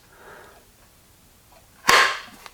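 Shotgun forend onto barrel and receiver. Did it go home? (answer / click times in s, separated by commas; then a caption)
yes / 1.9 s. The forend of a Winchester Model 37A 20 gauge single-shot shotgun, fitted with a new aluminum spacer, is pressed onto the barrel and receiver after a faint low rustle. It snaps into place with a sharp, bright click at 1.9 s that rings out briefly, followed by a faint tick at 2.5 s. The forend is seated and sits more securely than before.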